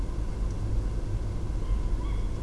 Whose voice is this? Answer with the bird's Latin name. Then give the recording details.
Strix aluco. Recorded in Germany. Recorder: ecoPi